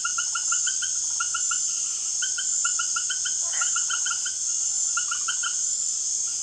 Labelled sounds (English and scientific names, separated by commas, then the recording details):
none
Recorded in secondary vegetation near Puerto Asís, Putumayo, Colombia, on 25 June 2025 at 20:00
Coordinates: 0.489, -76.322
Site G021